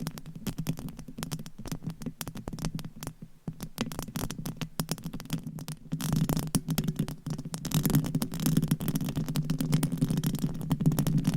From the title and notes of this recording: ASMR Mic Scratching - Brain Scratching with 10 Mics Asmr No Talking for Sleep with Long Nails.